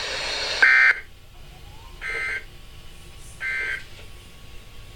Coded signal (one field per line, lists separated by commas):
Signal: Emergency Alert System (SAME) tones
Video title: (EAS DOUBLE HEADER) EAS's #53 and #54 5/12/14